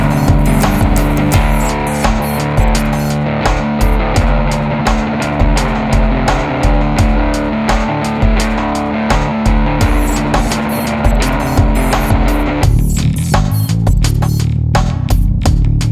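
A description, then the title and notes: Slow static crackles over a steady low hum, with loud irregular pops and clicks scattered throughout at a constant level. Near the end, around twelve seconds in, the middle of the hum thins out and the clicks stand out more sharply and sparsely. Slow static.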